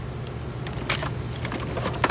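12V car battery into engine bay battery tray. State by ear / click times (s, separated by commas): not seated / none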